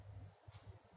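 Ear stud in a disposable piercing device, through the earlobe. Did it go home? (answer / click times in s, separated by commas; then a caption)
no / none. A disposable self-piercing device holding an ear stud is positioned on an earlobe and handled, making soft, low rustling bumps through the second. Nothing has fired or clicked yet, and the stud has not gone through the earlobe.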